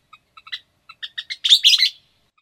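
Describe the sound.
Western Kingbird calls: sharp high chips, spaced at first, then quickening into a loud sputtering burst of squeaky, twittering notes.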